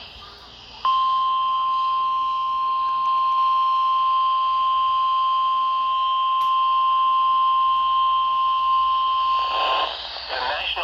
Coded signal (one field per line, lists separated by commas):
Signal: Emergency Alert System (SAME) tones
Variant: 1050 Hz attention tone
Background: speech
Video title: OVERNIGHT HOURS... EAS Alerts from 9/8/21 (EAS# 782-783)